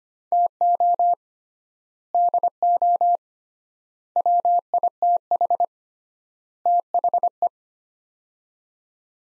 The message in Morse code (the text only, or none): TO DO WITH THE